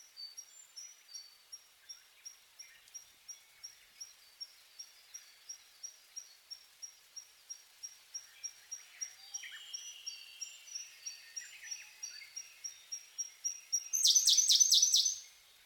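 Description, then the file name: Siberian blue robin song: a long run of faint, high ticks, closed by a brief, loud, rattling trill. "koruri"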